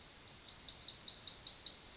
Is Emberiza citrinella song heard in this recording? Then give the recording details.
yes. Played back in grassland. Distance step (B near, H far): B. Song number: 054